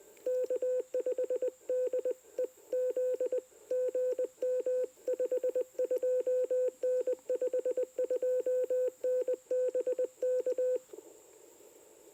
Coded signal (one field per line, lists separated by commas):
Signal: Morse code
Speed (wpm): 20 wpm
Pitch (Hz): 500 Hz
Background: radio noise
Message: K5DEZ GM 52N 52N BK